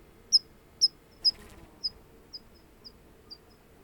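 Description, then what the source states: Water pipit calls: thin, very high short notes repeated about twice a second, fading toward the end, with a brief soft rustle. Recorded at Rindalphorn on 1 August 2013.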